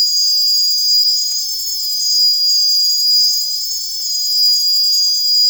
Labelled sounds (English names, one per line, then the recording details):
none
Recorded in secondary vegetation near Puerto Asís, Putumayo, Colombia, on 12 March 2025 at 04:30
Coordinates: 0.489, -76.322
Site G042